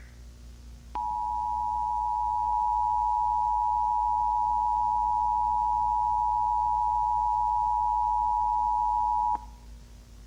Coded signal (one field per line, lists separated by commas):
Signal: Emergency Alert System (SAME) tones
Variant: 853 and 960 Hz attention tone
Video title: S89 EAS Test vid